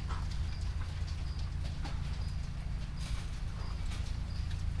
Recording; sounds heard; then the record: poultry house recording; sick chickens (respiratory disease)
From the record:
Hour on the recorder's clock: 21